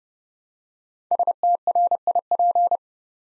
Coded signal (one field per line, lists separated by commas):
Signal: Morse code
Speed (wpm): 30 wpm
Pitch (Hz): 700 Hz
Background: none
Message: STRIP